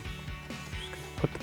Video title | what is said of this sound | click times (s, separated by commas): Jeep Wrangler 7-Inch LED Headlights and LED Fog Lights with ColorSMART RGB Review & Install | Just gonna put the plug on, till it clicks, and then push the safety tab down | 1.2 s, 1.3 s